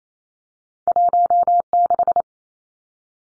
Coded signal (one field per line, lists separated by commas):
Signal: Morse code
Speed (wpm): 28 wpm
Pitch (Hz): 700 Hz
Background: none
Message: 16